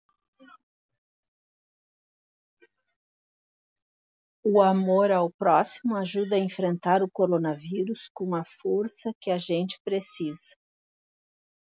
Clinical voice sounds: spoken sentence; Brazilian Portuguese; female; 60 to 69 years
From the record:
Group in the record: control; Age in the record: 64 years

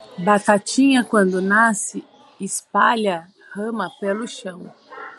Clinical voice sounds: short text; Brazilian Portuguese; female; 40 to 49 years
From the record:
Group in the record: control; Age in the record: 42 years

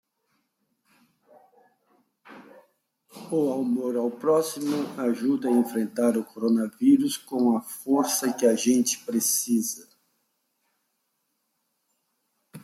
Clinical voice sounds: spoken sentence; Brazilian Portuguese; male; 60 to 69 years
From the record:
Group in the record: control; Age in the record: 62 years

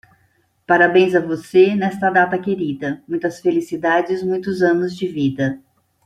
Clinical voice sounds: short text; Brazilian Portuguese; female; 50 to 59 years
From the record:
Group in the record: control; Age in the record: 54 years

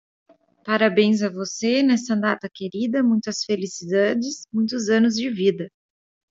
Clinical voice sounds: short text; Brazilian Portuguese; female; 30 to 39 years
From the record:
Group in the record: control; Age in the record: 34 years

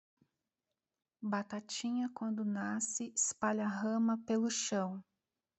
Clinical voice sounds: short text; Brazilian Portuguese; female; 40 to 49 years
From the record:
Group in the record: control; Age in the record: 44 years

